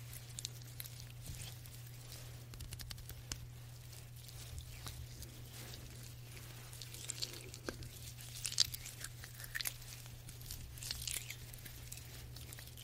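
Soft hand massage sounds: soft rubbing and skin squishes with scattered crackly taps over a steady low hum, busier after eight seconds.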